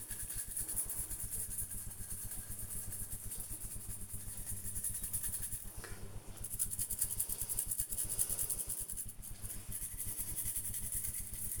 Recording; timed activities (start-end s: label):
household activities, microphone on the right wrist
0.00-11.60 s: brushing teeth